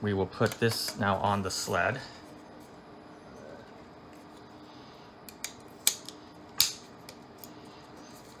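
Someone talks briefly, then a 4 TB NAS hard drive is placed into its plastic tool-less drive sled and the side rails are pressed onto it. After a few faint handling ticks, two sharp plastic snaps ring out at 5.9 s and 6.6 s. The rails snap on and hold the drive in place, and it is confirmed seated.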